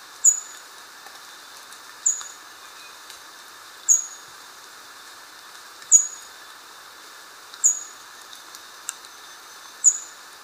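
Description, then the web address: Indigo flowerpiercer calls: single sharp, very high, downslurred notes repeated about every two seconds, six in all, over a quiet background. Recorded in Ecuador. "Natures Songs S America Birds of Ecuador Indigo Flowerpiercer"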